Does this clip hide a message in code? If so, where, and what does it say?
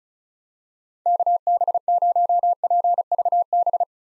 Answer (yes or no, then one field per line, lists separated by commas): yes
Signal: Morse code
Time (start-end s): 1.1-3.8 s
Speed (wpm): 36 wpm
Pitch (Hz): 700 Hz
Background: none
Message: KB0PVB